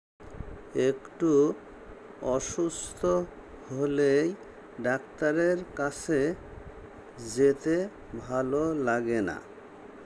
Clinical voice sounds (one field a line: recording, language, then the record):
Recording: elicited speech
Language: Bengali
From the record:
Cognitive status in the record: dementia